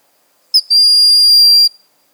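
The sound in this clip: Broad-winged hawk whistled call: a brief high note, then one long, thin, steady whistle lasting about a second, in quiet surroundings.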